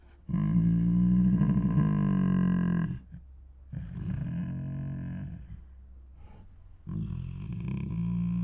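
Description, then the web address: Tiger giving three drawn-out, deep moans of steady pitch, each a few seconds long, separated by quiet gaps. Two tigers making many moans, roars and snores. "Sound Ideas Tigers Sound Effects Two Tigers Make Many Moans, Roars and Snores"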